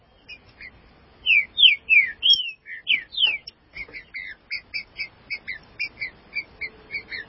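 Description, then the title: Green-winged saltator song, a few rich sweeping whistles followed by a steady string of short, clipped notes repeated about three times a second. "Trinca Ferro"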